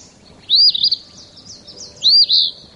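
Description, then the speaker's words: Eastern Phoebe singing two raspy, buzzy high phrases about a second and a half apart, each a quick slurred burst. Raspy, name-saying song heard every spring over most of Canada and about half of the U.S. "Every spring, folks over most of Canada and about half of the U.S. enjoy hearing this raspy, name-saying song."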